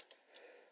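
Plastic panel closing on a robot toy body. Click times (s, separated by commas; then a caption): 0.0 s, 0.1 s. A plastic chest or body panel on a transforming robot toy is closed over a small figure inside, giving crisp clicks at 0.0 s and 0.1 s. The panel clicks shut and is seated.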